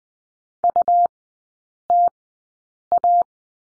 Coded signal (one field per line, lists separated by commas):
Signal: Morse code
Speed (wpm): 20 wpm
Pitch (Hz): 700 Hz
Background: none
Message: UTA